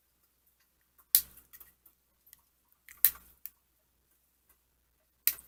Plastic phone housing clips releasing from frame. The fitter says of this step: you can just get in there and hear it click and you'll know that one's I've done